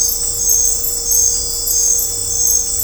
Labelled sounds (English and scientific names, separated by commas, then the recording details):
none
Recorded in dense forest near Puerto Asís, Putumayo, Colombia, on 16 December 2024 at 19:30
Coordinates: 0.503, -76.323
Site G043